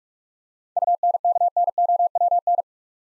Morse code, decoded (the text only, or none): UNKNOWN